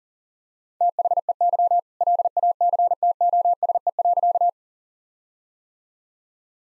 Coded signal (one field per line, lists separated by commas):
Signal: Morse code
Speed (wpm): 40 wpm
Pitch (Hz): 700 Hz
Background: none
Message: THEY LACTOSE.